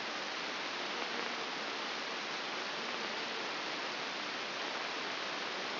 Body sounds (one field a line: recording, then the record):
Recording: brain microelectrode recording played as sound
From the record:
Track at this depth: outside the subthalamic nucleus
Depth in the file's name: 6.661 mm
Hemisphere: left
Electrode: 2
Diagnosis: Parkinson's disease